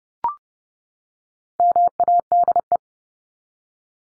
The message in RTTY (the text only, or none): none